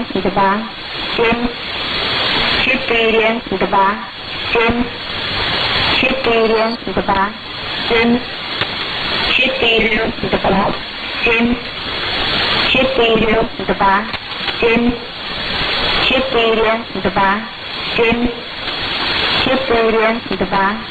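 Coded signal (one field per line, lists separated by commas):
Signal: numbers station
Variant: S06s, Russian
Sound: female voice reading short Russian words at a steady, even pace over hiss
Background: radio static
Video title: 19 03 2019 S06s Russian Lady numbers station in Russian to Eu 0731 on 7425 unknown tx site USB+AM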